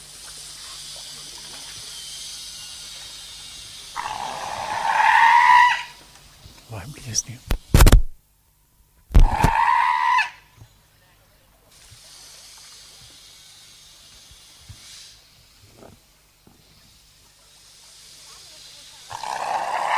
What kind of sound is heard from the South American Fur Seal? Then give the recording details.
call. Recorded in captivity. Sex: female. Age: adult. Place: Zoo Halle, Sachsen-Anhalt, DE. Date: 2007-10-08 15:35. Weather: sunny, 14°C. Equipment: Sony WM-D6C, Sennheiser ME 80, Kopie Uher 4000 Report Monitor. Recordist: Tembrock, Günter